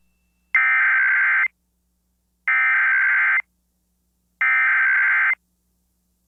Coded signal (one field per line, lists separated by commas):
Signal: Emergency Alert System (SAME) tones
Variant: header bursts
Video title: EAS Child Abduction Emergency (AMBER Alert) Westminster, Colorado Statewide Alert